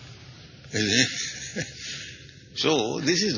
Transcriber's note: laughs